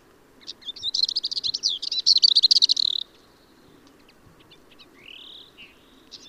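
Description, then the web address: Marmora's warbler song: a fast, scratchy, chattering warble of dense notes lasting about two and a half seconds, followed by a quiet rising note, over soft low background noise. "Magnanina sarda"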